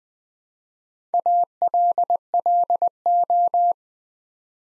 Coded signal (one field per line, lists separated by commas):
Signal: Morse code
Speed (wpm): 20 wpm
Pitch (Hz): 700 Hz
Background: none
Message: ALLO